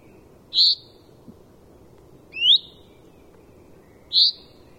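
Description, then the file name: Common Chaffinch calling with three separate bright, clipped notes, spaced about two seconds apart against a quiet background. "Fringilla coelebs"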